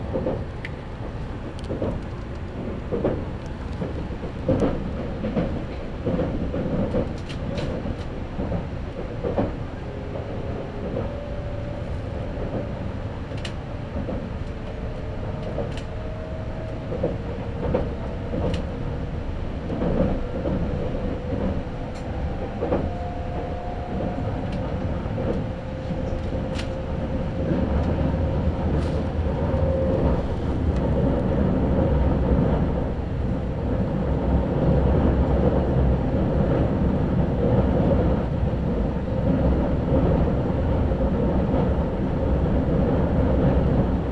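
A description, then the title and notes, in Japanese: Onboard an express train running on a single-track line, a steady low rumble of wheels and motors fills the car throughout. Between about 10 and 30 seconds, thin whining tones slide up and down, and scattered clicks and knocks from the rails punctuate the ride, growing slightly louder toward the end. 伊豆箱根鉄道 大場→修善寺 特急踊り子13号にて。単線区間なのでさほど速度は上がりませんが、行き違いのない棒線上の駅は軽やかにスルーしていきます。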